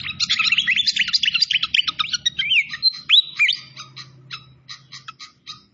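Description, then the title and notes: Malaysian pied fantail song: rapid twittering with sweeping whistled slurs, then sparser clipped chirps at the end. Masteran training recording for songbirds, clear voice, mixed with the sound of flowing, babbling water. "Masteran Sikatan Kipas Suara Jernih Dan Suara Gemericik Air. Suara Burung Sikatan Londo"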